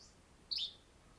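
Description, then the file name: Yellow-bellied flycatcher song: a single short, abrupt, high-pitched note against a faint steady background hiss. "YBFL SONG - Yellow-bellied Flycatcher - Empidonax flaviventris"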